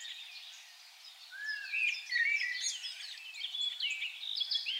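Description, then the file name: Common blackbird in a rich burst of twittering and warbled notes after a quieter start, against soft hiss. "Turdus merula"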